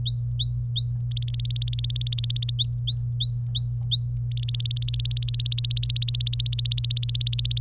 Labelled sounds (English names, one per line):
Domestic Canary song